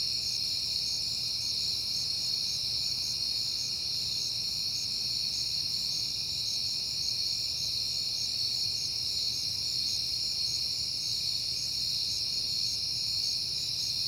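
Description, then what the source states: Crickets keep up a constant shrill chorus, steady ringing tones mixed with rapid repeated pulses, over a faint low background hum. Crickets recorded at night in September, on a peaceful night.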